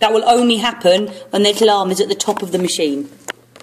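Someone talks while a bobbin case is handled at the bobbin holder of a sewing machine, to be pushed in with its little arm at the top. A couple of faint, brief taps come right at the end, but the bobbin case has not seated or clicked into place yet.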